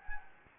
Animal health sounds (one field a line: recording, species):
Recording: mosquito wingbeat signal from an infrared sensor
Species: Anopheles gambiae